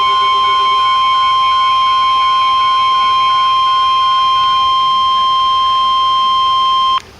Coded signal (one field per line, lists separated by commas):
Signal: Emergency Alert System (SAME) tones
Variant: 1050 Hz attention tone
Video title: EAS #26 - Severe Thunderstorm Warning (7-26-17)